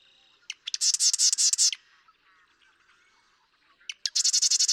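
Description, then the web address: Marsh Wren song: two rapid, grating rattles, each started by a couple of sharp ticks, with a quiet pause of about two seconds between them. "birdsongforthecurious Marsh Wren"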